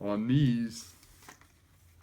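Someone talks briefly while handling the plastic/metal headband extension of a pair of on-ear headphones, working the ear cup slider along the headband. After the speech, only faint, quiet handling noise is heard, with a couple of tiny ticks around 1.3 and 1.4 seconds. Nothing has snapped into place or seated yet.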